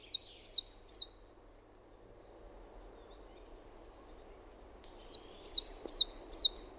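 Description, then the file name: Coal tit delivering short bursts of high, rhythmic two-note phrases, a few at first, then after a long gap a longer run of the same bright notes. "KUUSITIAINEN"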